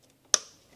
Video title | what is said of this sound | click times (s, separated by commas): Ignition control module replacement first GEN Chevy VOLT | until it clicks it'll hold itself up now we can just walk this off | 0.3 s